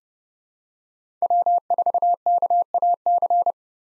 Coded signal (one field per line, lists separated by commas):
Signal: Morse code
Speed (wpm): 32 wpm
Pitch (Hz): 700 Hz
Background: none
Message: W4KAC